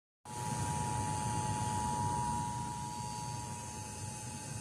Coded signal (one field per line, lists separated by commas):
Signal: Emergency Alert System (SAME) tones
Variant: 853 and 960 Hz attention tone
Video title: eas severe thuderstorm warning on Wmah-Fm